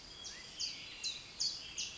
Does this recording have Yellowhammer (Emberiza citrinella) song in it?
no